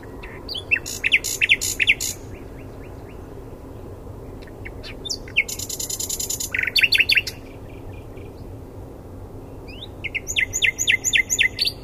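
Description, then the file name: Common nightingale song: varied phrases of sharp repeated notes, a dense buzzy burst midway, and further rhythmic note series, with pauses between phrases. "Luscinia megarhynchos"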